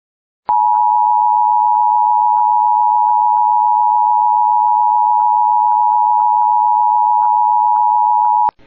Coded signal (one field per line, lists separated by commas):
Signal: Emergency Alert System (SAME) tones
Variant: 853 and 960 Hz attention tone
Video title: [EAS] Severe Thunderstorm Warning for Far Northern Beltrami County (7/4/25)